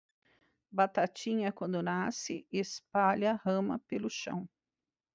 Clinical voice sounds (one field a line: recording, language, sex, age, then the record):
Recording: short text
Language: Brazilian Portuguese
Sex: female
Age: 20 to 29 years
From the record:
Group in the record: control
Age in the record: 23 years